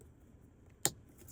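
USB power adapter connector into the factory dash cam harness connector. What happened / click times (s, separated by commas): The plastic wiring connector clicked into place / 0.9 s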